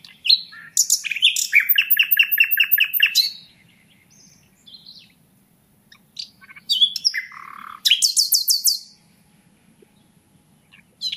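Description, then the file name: Common nightingale song: a phrase of rapid repeated high notes and buzzy trills, a quiet gap, then another burst of fast rising notes. "Luscinia megarhynchos"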